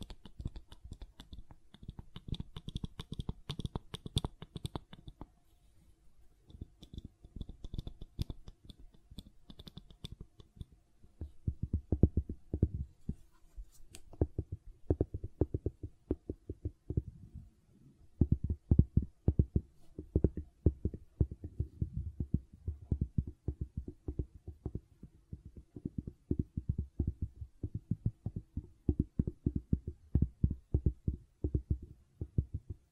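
Gentle silicon sounds made of soft, low thumps and clicks that arrive in quick, uneven bursts. A thin high hiss rides over the first five seconds, then drops away. After short pauses near 5 and 17 seconds, the thudding returns denser and steadier.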